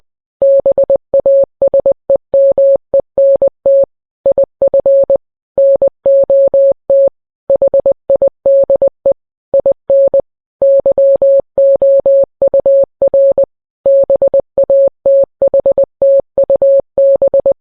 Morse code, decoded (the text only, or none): BASEMENT IF NOT HIDE IN YOUR BATHTUB